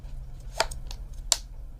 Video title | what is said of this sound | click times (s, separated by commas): Oneleaf NV200 Night vision Binoculars Review | freaking awesome so it just locks in place just | 1.3 s